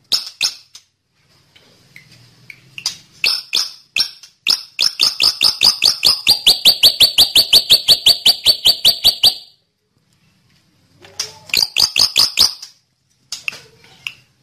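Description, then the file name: Hair-crested drongo song: sharp scattered notes build into a long rapid train of metallic, ringing pulses, a pause, then another shorter burst of quick notes and a few final notes. "Suara burung awar awar aka srigunting jambul"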